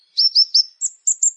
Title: Ciblek Sawah